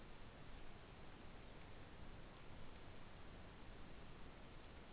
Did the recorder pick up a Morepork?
no